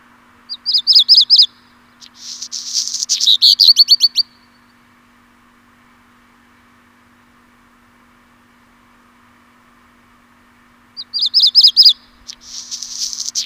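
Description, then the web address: Black Redstart song: short phrases opening with a quick rattle of high notes, then a scratchy crackling burst ending in clicks; two phrases about ten seconds apart over a faint steady hum. "birdify Phoenicurus ochruros"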